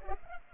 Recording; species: mosquito wingbeat signal from an infrared sensor; Culex pipiens